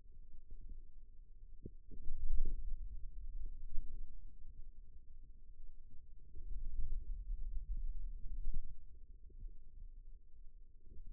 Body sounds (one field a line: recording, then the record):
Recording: forearm muscle sounds (acoustic myography)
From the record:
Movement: radial deviation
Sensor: system 2, bracelet of six BSWA MPA416 microphones around the upper forearm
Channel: 2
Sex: male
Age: 22 years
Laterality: right